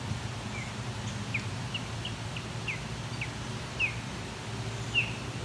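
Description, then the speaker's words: Osprey calls, a series of short sharp whistled notes at irregular intervals over a soft low hum. Osprey began giving proper osprey calls as the recordist was about to leave; Claude Dubrick Trailway, Kaufman Flats, Grand River Trail, Waterloo, Ontario. "Of course, just as I go to leave, Osprey starts vocalizing proper Osprey calls."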